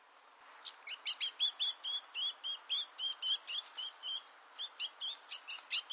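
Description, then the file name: Great tit calls: one sharp high note, then a steady run of short, clipped, ringing notes, with a brief pause before the series resumes. "Parus major"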